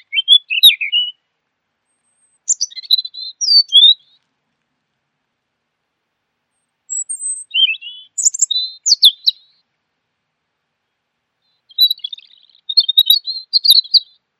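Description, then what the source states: Bird song in short bursts of high, sharp twittering and chirps, separated by pauses of a few seconds, ending with a rapid buzzy trill. Masteran training recording.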